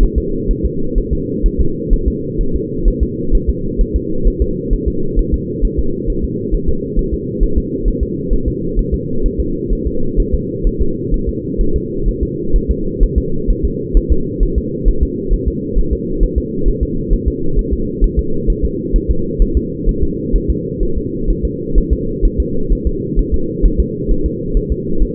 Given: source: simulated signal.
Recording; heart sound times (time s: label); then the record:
fetal heart sounds
0.03 s: S1
0.18 s: S2
0.51 s: S1
0.66 s: S2
0.98 s: S1
1.13 s: S2
1.46 s: S1
1.60 s: S2
1.93 s: S1
2.08 s: S2
2.41 s: S1
2.56 s: S2
2.88 s: S1
3.03 s: S2
3.35 s: S1
3.50 s: S2
3.81 s: S1
3.96 s: S2
4.28 s: S1
4.42 s: S2
4.74 s: S1
4.88 s: S2
5.19 s: S1
5.34 s: S2
5.65 s: S1
5.79 s: S2
6.10 s: S1
6.25 s: S2
6.54 s: S1
6.69 s: S2
6.99 s: S1
7.14 s: S2
7.43 s: S1
7.58 s: S2
7.88 s: S1
8.03 s: S2
8.33 s: S1
8.48 s: S2
8.79 s: S1
8.94 s: S2
9.26 s: S1
9.40 s: S2
9.73 s: S1
9.87 s: S2
10.20 s: S1
10.34 s: S2
10.67 s: S1
10.81 s: S2
11.14 s: S1
11.29 s: S2
11.61 s: S1
11.76 s: S2
12.09 s: S1
12.23 s: S2
12.56 s: S1
12.71 s: S2
13.03 s: S1
13.18 s: S2
13.51 s: S1
13.65 s: S2
13.97 s: S1
14.12 s: S2
14.43 s: S1
14.58 s: S2
14.88 s: S1
15.03 s: S2
15.34 s: S1
15.48 s: S2
15.79 s: S1
15.93 s: S2
16.23 s: S1
16.38 s: S2
16.68 s: S1
16.83 s: S2
17.13 s: S1
17.28 s: S2
17.59 s: S1
17.73 s: S2
18.04 s: S1
18.19 s: S2
18.50 s: S1
18.65 s: S2
18.96 s: S1
19.11 s: S2
19.42 s: S1
19.57 s: S2
19.89 s: S1
20.03 s: S2
20.36 s: S1
20.50 s: S2
20.83 s: S1
20.98 s: S2
21.30 s: S1
21.45 s: S2
21.78 s: S1
21.93 s: S2
22.25 s: S1
22.40 s: S2
22.73 s: S1
22.87 s: S2
23.19 s: S1
23.34 s: S2
23.66 s: S1
23.80 s: S2
24.11 s: S1
24.26 s: S2
24.57 s: S1
24.72 s: S2
25.02 s: S1
From the record:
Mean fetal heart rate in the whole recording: 130 bpm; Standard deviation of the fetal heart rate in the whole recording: 2 bpm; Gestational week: 38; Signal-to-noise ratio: -8.1 dB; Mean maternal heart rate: 72 bpm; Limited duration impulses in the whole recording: absent